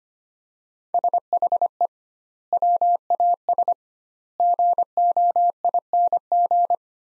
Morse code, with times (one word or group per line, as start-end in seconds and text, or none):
0.9-1.9 SHE
2.5-3.7 WAS
4.4-6.7 GOING